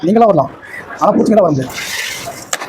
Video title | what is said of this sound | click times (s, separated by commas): stainless steel sliding mosquito net door | அவ்வளோதான் பாருங்கள், locking system | 2.5 s